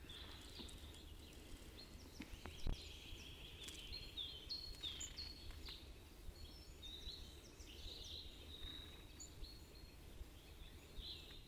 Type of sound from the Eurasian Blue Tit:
song